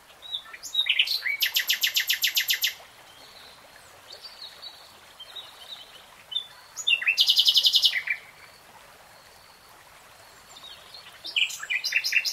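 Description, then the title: Nightingale singing rapid, evenly repeated notes, then silence, then a dense buzzy burst, and a new stuttering phrase beginning at the end. Nightingale singing, recorded in real time. "[Tiếng chim hót] Nightingale Singing"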